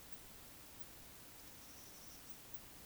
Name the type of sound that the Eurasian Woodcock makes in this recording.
whistle